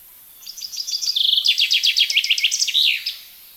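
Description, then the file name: Common chaffinch song: a lively trill steps down into a faster run, then strong repeated chips follow, finishing in a flourish. "Fringilla coelebs"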